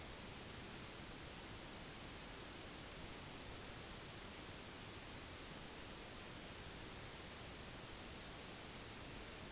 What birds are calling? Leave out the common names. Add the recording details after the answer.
none. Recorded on Arctic tundra, site NAIT-1, on 1 July 2019. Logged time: 08:00